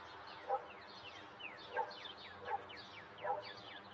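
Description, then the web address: Birdsong: quick, repeated descending chirps over a steady background hum. Daytime suburban neighborhood ambience. "SFXBible 6 Ambience-Suburban-Day-Birds-Dog-Neighborhood"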